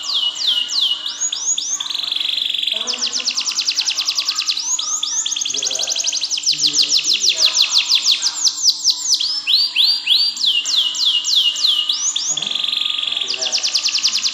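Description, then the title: Canary song with rapid repeated chirps, rolling trills and short buzzy phrases, shifting between fast sweeps and sustained notes without pause. "Ini Baru Kenari!"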